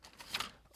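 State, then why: Seated. A short metal cap is snapped onto a full-metal rollerball pen body, giving a sharp click at 0.4 seconds, with a second quick tick just after. The cap seats firmly on the pen.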